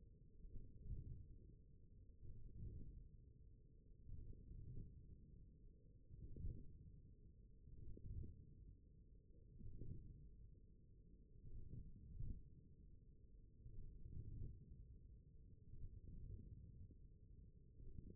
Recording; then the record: forearm muscle sounds (acoustic myography)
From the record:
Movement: wrist extension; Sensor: system 1, eight BSWA MPA416 microphones around the upper forearm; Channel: 4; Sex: male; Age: 42 years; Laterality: right